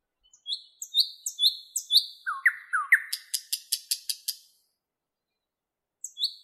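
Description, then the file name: Nightingale singing a series of high whistles, a few lower slurred notes, then a fast rhythmic sequence of hard clicking pulses before falling silent. "Penie Solovja"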